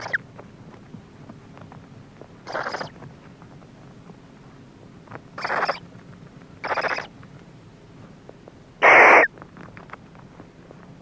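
Barn owl producing rasping, hissy screeches: three fairly soft ones, then a much louder and harsher one, separated by quiet stretches, with further screeches cut off at the start and end.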